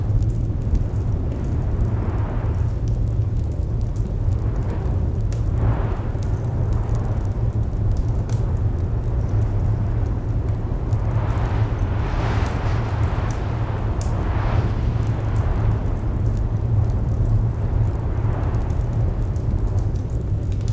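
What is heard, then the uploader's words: A roaring fire crackles over a deep, constant rumble that fills the low end without letting up. Soft gusts of wind swell and fade every few seconds, and faint sharp pops from the flames tick through the whole stretch. Roaring Fireplace Ambience. Recorded from a cozy cabin adorned with a large wool rug and the grandest, most roaring fire you've ever heard. Outside, a storm rages, its winds lashing against the house, threatening to rattle its foundations. The crackling flames and distant wailing winds blend to create a hypnotic soundscape.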